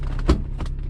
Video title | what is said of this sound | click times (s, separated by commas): INFINITI G35 Trunk Won't Open - How to fix broken WIRE | Once you pull that, hear that click? That allows the seats to come down. | 0.3 s